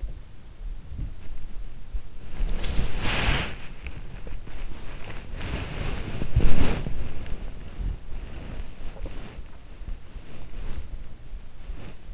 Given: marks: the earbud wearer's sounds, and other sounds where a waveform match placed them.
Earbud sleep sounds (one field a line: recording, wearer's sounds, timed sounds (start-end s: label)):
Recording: sounds in sleep by an in-ear microphone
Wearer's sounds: body movement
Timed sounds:
0.00-12.14 s: body movement